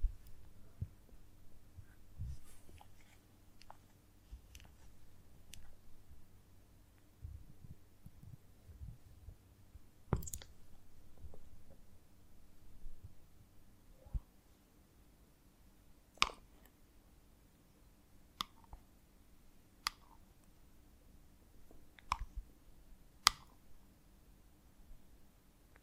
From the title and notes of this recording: ASMR of a Honeycomb on Branch (No Talking).